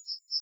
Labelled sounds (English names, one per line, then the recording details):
Yellowhammer song
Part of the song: start
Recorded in the Czech Republic on 22 June 2013
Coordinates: 49.477, 13.285
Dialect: XlB
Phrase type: F10
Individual 310788